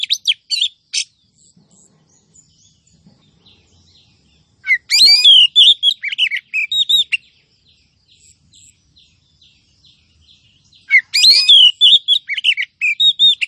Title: Kacer BETINA Memanggil Kacer JANTAN agar GACOR Pancingan Kacer LELET